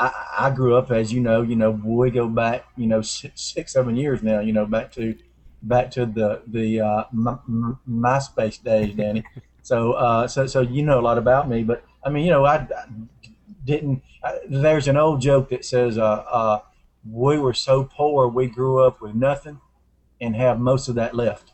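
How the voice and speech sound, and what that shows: Adult man who stutters, a comic speaker and soldier, speaking conversationally in an interview, with repeated words and syllables, stretched sounds and pauses, consistent with mild stuttering.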